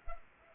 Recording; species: mosquito wingbeat signal from an infrared sensor; Culex pipiens